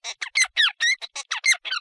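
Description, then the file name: Songbird song: a rapid run of about ten harsh, buzzy, harmonic syllables, some with rising or falling tones, packed into under two seconds with brief gaps, no other sounds. From a scientific study of vocal development in a songbird and cadherin expression. "Dynamic Expression of Cadherins Regulates Vocal Development in a Songbird"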